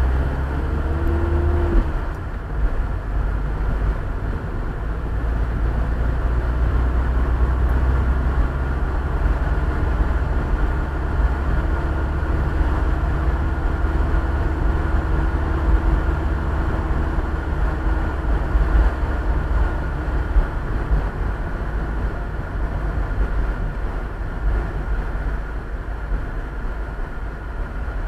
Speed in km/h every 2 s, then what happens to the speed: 24, 26, 28, 32, 36, 37, 38, 37, 37, 37, 35, 32, 27, 21.
0-8 speeds up to 36. 8-18 steady at about 37. 18-28 slows to 21.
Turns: none.